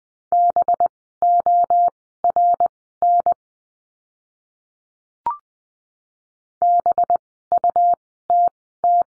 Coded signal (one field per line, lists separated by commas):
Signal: Morse code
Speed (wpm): 20 wpm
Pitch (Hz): 700 Hz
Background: none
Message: BORN BUTT